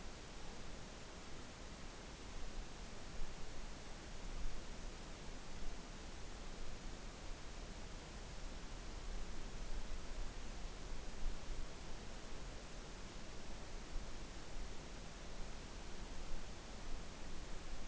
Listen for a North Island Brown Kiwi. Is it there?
no